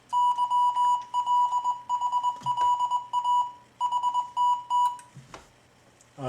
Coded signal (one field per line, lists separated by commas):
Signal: Morse code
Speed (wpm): 20 wpm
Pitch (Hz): 980 Hz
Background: none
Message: YLHLA HTT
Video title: MFJ-490 X Memory Keyer Review